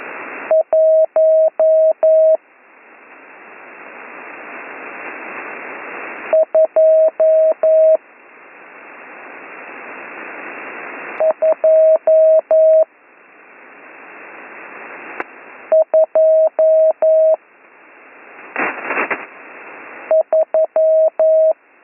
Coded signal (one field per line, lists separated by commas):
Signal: Morse code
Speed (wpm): 11 wpm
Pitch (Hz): 640 Hz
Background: none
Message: 12223